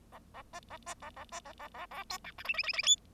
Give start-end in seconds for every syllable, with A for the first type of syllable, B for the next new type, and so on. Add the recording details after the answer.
0.12-0.19 A, 0.34-0.42 A, 0.53-0.60 B, 0.70-0.77 A, 0.86-0.94 B, 1.02-1.10 A, 1.16-1.24 A, 1.32-1.40 B, 1.45-1.52 A, 1.59-1.68 A, 1.74-1.86 A, 1.91-2.04 A, 2.10-2.18 C, 2.24-2.32 D, 2.38-2.43 E, 2.44-2.53 F, 2.54-2.63 F, 2.63-2.73 F, 2.73-2.83 F, 2.83-2.96 G. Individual Bird0